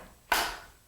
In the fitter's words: get that nice click to it